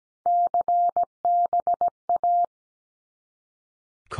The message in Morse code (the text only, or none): CBA